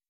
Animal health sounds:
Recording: hydrophone in a shrimp aquaculture tank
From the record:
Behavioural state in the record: weakened

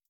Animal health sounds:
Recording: hydrophone in a shrimp aquaculture tank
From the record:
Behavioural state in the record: feeding

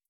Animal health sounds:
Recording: hydrophone in a shrimp aquaculture tank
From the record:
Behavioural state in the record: feeding

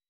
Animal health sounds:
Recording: hydrophone in a shrimp aquaculture tank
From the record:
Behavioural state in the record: weakened

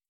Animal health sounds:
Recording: hydrophone in a shrimp aquaculture tank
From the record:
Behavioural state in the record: starved

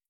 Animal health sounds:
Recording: hydrophone in a shrimp aquaculture tank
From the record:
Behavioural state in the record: starved

